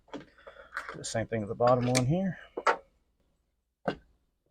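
Someone talks while handling the bottom negative battery interconnect power cable, a push-connect connector going into its battery terminal socket on a Bluetti EP800 system with B500 batteries. Brief handling knocks are heard near 2.7 s and 3.9 s. Nothing has seated or clicked in yet.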